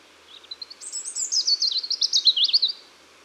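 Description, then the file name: European robin singing a continuous phrase of fast, high, tinkling and trilled notes that rises and falls. "Erithacus rubecula"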